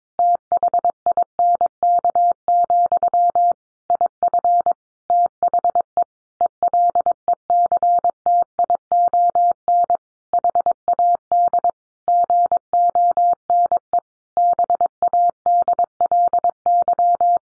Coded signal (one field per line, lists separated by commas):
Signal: Morse code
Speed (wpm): 22 wpm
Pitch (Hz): 700 Hz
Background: none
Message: THINK, IF THE ELECTION HAD GONE BADLY